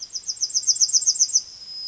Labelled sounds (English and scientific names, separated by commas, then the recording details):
Yellowhammer (Emberiza citrinella) song
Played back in forest
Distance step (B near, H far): C
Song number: 013